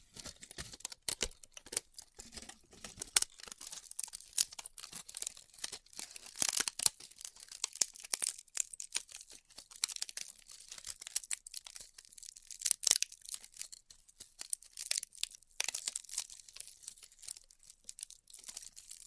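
Styrofoam being cut with a heated tool gives a dense, irregular crackle of sharp, bright snaps and rustles that runs the whole way through. Louder bursts stand out around 6.5, 13 and 15 seconds, with quieter, sparser stretches between.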